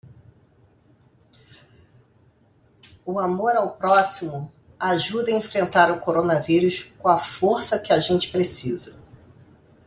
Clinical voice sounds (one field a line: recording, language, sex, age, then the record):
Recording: spoken sentence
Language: Brazilian Portuguese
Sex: female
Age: 50 to 59 years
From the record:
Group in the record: control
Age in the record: 50 years